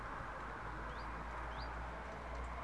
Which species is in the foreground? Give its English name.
Common Chiffchaff